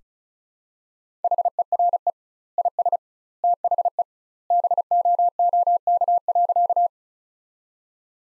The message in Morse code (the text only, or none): HERE IS THE BOOK.